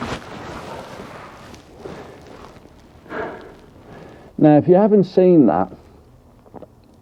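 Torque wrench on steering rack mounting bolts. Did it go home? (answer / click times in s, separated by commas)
no / none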